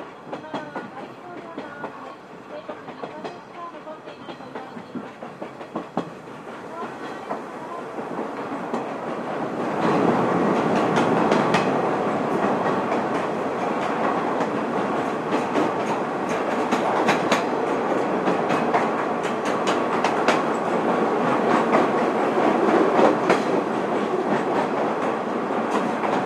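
The SL Hitoyoshi steam train crosses the Kuma River bridge. Quiet rumble and scattered clanks build gradually, then at about ten seconds the sound jumps to a dense, steady roar of wheels and metal with rapid sharp clatters continuing to the end.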